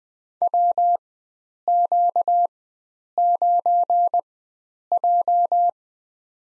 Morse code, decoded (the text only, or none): WQ9J